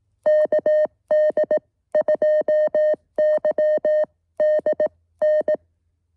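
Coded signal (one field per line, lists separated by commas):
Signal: Morse code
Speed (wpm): 18 wpm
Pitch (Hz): 1850 Hz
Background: music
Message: KD2YDN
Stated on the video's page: QRP SOTA summit activation.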